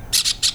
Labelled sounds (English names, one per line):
Brown-throated Parakeet contact call